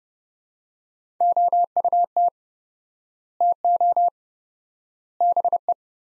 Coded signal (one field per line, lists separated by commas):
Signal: Morse code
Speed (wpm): 31 wpm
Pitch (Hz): 700 Hz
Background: none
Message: OUT TO BE